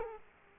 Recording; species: mosquito wingbeat signal from an infrared sensor; Culex quinquefasciatus